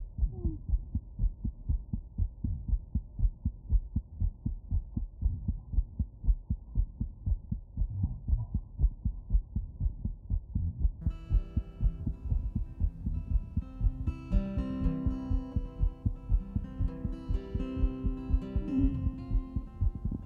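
Steady heartbeat of an adult hospice patient, with a song's music entering about halfway through and playing over the beats.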